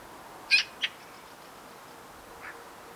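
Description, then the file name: Eurasian magpie uttering two short, grating notes in quick succession, followed by a fainter rasp a moment later. "Pica pica"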